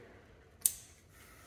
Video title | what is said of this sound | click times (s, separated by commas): How to Re-Gear a Jeep Wrangler JK Rubicon Dana 44 | and then secure your locker back make sure that you hear that click | 0.7 s